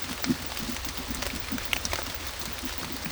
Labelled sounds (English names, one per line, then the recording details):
none
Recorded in secondary vegetation near Puerto Asís, Putumayo, Colombia, on 22 December 2024 at 18:00
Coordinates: 0.468, -76.324
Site G095